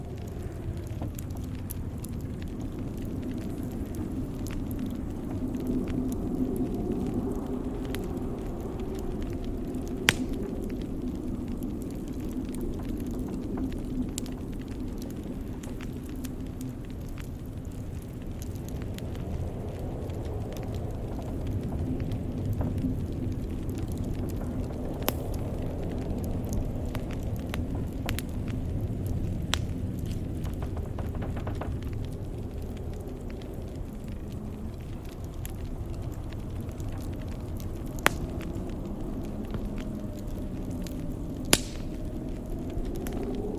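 A fireplace crackles with sparse sharp pops, including louder snaps near 10, 38 and 42 seconds, over a steady low roar of blizzard wind.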